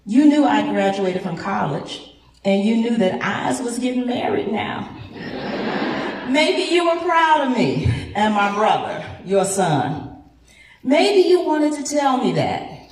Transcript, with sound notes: You knew I graduated from college, and you knew that “I’s was getting married now”. [laughter] Maybe you were proud of me and my brother, your son. Maybe you wanted to tell me that.